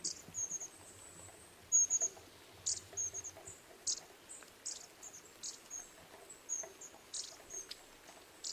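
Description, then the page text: Long-tailed tit calls: a run of high, thin notes and short buzzy bursts throughout, over a faint low rumble early on. "Jarek Matusiak - Длиннохвостая синица (Aegithalos caudatus)"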